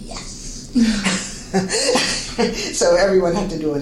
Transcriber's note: laughs